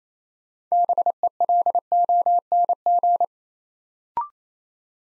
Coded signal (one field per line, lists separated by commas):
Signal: Morse code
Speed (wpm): 27 wpm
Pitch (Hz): 700 Hz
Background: none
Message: BELONG